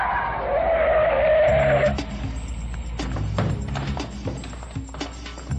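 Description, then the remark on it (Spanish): A police patrol car skids to a stop with a loud, wavering tire squeal lasting about two seconds, then the engine idles low while scattered clicks and knocks follow. “¿Y esa patrulla dónde salió?”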